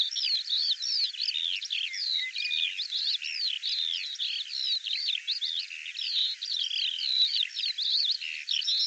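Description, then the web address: Bird song, a rapid unbroken stream of varied high twittering notes, slurred upward and downward whistles run together without pause for the whole stretch. Audio cleaned and normalized. "cianscape birddata Deverinetal 2025 File cleaned normalized Bird"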